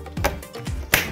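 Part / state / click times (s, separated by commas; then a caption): headgear side fitting into welding helmet shell groove / seated / 0.9 s. A plastic headgear side fitting, with its first washer removed, is pushed so its raised tab slides into the groove of a welding helmet shell. A few soft taps and handling sounds come first, then a sharp snap at 0.9 s as the fitting seats in the slot.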